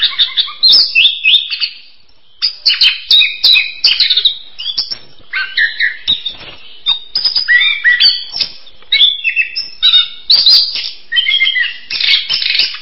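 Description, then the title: Bird song, busy high chirping and twittering phrases with rapid trills and whistled notes, pausing briefly between bursts. "kikicau"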